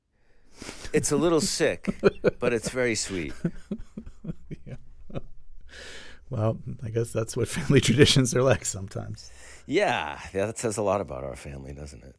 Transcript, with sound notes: It's a little sick, but it's very sweet.
(Laughter) Yeah. Well, I guess that's what family traditions are like sometimes.
Yeah. Yeah, that says a lot about our family, doesn't it?